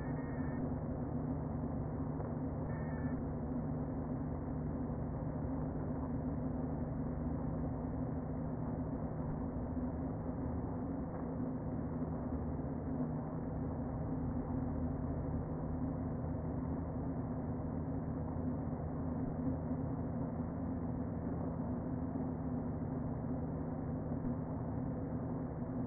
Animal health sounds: honeybee colony, microphone inside the hive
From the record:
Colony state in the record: queen present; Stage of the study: before two queens were removed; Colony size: about 60,000 bees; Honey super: yes

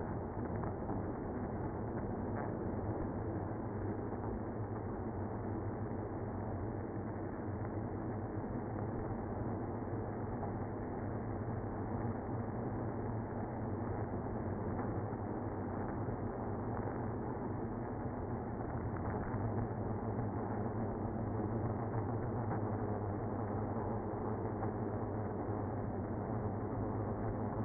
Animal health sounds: honeybee colony, microphone inside the hive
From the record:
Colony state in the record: queenless (queen removed); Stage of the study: after two queens were removed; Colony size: about 60,000 bees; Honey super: yes

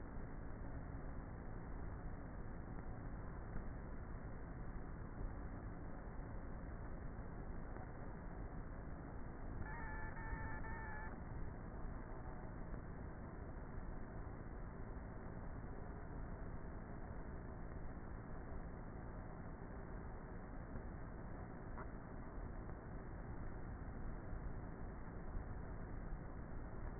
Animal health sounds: honeybee colony, microphone inside the hive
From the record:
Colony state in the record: queenless with a low population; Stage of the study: before two queens were removed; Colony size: about 30,000 bees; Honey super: no

